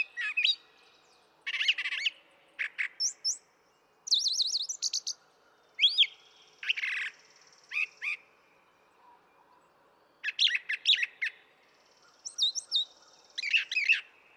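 Brown thrasher singing a long run of varied, paired phrases, buzzy chirps alternating with high whistled slurs and short pauses between pairs.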